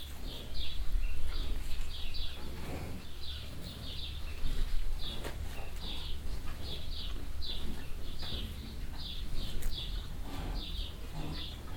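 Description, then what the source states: Cow eating sounds: rapid, uneven smacking and licking, several per second, with light rattles over a continuous deep hum. Many cows standing close together at a metal trough in a cowshed in the evening, Wahlhausen; sounds of mouths and tongues, trough rattling metallically as cows move.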